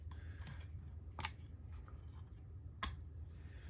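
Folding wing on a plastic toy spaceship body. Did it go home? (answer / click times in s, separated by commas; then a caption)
yes / 1.2 s, 2.8 s. The folding wing of a small plastic Jazwares Micro Galaxy Squadron Outland TIE Fighter Chase Variant toy spaceship is folded down against its body, with faint handling rustles over a low steady hum. Sharp plastic clicks at about 1.3 s and 2.8 s mark the wing clicking into its folded position, where it stays seated.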